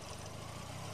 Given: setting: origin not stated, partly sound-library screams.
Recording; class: one-second piece from a danger detection set; normal situation